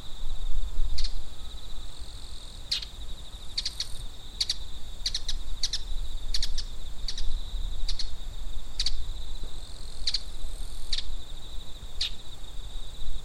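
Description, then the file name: Bull-headed shrike giving short, sharp, harsh notes, single and in quick pairs, many throughout, over a steady high insect buzz. "mozu"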